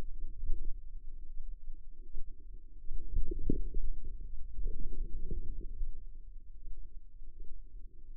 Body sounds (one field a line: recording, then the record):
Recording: forearm muscle sounds (acoustic myography)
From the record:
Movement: outward rotation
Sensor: system 2, bracelet of six BSWA MPA416 microphones around the upper forearm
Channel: 1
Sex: female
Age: 25 years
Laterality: right